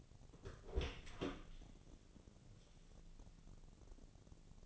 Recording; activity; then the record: daily activity, microphone in the room; open door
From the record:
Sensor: 4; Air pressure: 1001.2 hPa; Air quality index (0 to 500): 184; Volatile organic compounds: 2 ppm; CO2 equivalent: 1311 ppm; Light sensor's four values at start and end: 17/39/16/16 and 15/35/14/15